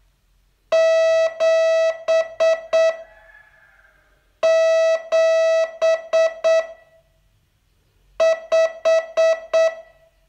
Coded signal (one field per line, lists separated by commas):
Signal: Morse code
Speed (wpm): 8 wpm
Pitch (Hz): 650 Hz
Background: none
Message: 7 7 5